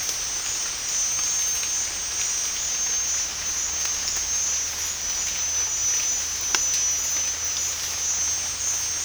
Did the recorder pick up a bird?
no